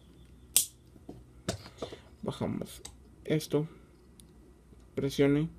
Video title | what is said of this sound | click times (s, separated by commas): Transformers RID2015 Warrior Bludgeon en Español | cuidado separamos esto de esta manera y hasta escuchar un clic. | 0.6 s